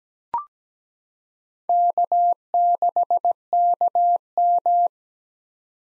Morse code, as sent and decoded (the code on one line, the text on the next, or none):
-.- -.... -.- --
K6KM